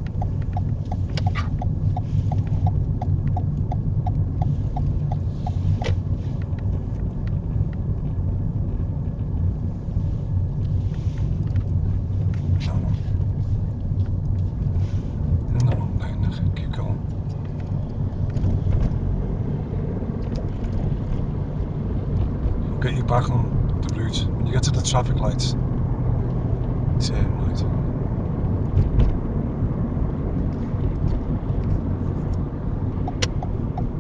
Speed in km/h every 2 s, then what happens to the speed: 19, 19, 19, 21, 19, 19, 21, 23, 27, 32, 37, 39, 42, 42, 44, 42, 42.
0-11 steady at about 19. 11-21 speeds up to 39. 21-34 steady at about 42.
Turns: none.